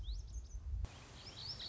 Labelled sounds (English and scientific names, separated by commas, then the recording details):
Lazuli Bunting (Passerina amoena)
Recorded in Sonoma County, California